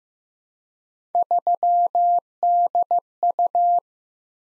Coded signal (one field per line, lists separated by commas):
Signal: Morse code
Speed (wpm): 15 wpm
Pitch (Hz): 700 Hz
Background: none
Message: 3DU